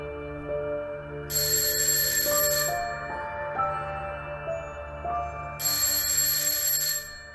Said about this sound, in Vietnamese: Tiếng chuông báo thức treo lên inh ỏi, khiến cho Phong giật mình tỉnh giấc.